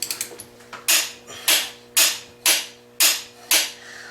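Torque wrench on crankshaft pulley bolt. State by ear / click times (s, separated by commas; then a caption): torque reached / 2.5 s. A torque wrench tightens the crankshaft pulley bolt on a 2001–2005 Honda Civic / Acura EL during a timing belt replacement. A few light ratcheting ticks are followed by a series of sharp, bright clicks roughly every half second. The wrench clicks at its set torque at 2.5 s.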